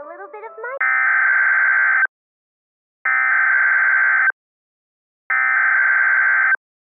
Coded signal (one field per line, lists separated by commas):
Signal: Emergency Alert System (SAME) tones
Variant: header bursts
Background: speech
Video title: Angry EAS - Tom Ridicules Male Hello Kitty Fans (REMASTERED)